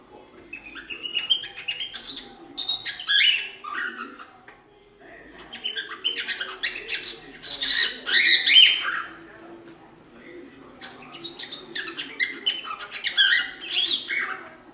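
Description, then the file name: Cockatiel song as a busy, scratchy warble of rapid chattering notes in three long phrases, pausing briefly between them. Lutino colour form of cockatiel, singing. "canto da calopsita lutino"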